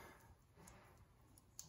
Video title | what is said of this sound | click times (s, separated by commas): #24 Hydraulic service on John Deere 2038r | and you feel it click a couple times | 1.4 s, 1.6 s